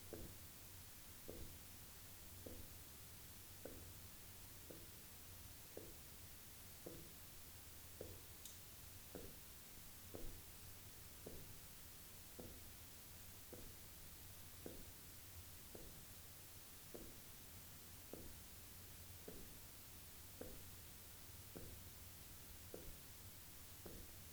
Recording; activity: daily activity, guitar pickup as the sensor; jump